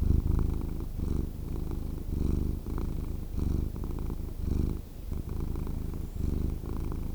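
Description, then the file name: Domestic cat purr, a steady deep vibrating rumble broken into breath cycles of roughly one second, loud and continuous. "Cat Purring Sound"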